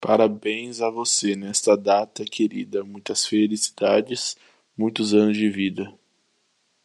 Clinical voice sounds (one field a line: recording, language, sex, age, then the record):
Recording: short text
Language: Brazilian Portuguese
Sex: male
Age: 20 to 29 years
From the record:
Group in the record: control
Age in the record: 20 years